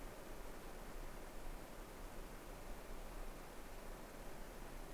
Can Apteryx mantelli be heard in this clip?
no